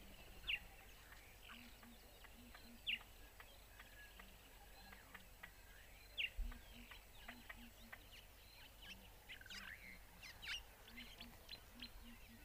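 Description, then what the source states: Birds calling and singing softly: scattered short chips and whistled phrases, with low hooting notes repeating beneath. Morning, recorded in an octagon.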